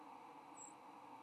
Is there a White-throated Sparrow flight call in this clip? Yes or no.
yes